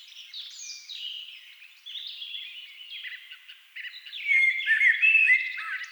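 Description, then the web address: Thrush song: a steady flow of warbled and whistled phrases that grows louder near the end with sharp, clear notes. Several thrushes singing at dusk. "agykontroll CD 3-A természet hangjai Rigók szürkületkor"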